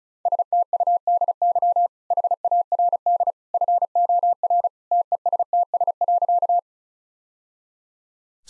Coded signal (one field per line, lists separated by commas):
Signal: Morse code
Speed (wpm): 36 wpm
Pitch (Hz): 700 Hz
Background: none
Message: STUDY HARD FOR TESTS.